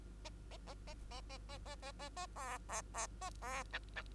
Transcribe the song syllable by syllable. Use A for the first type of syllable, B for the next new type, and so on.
A A A A A A A A A A A B B B A B C C